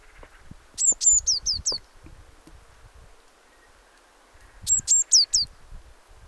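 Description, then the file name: Eurasian blue tit uttering two short bursts of high, downslurred notes, with soft low rustling and knocking sounds in the background. "Cyanistes caeruleus"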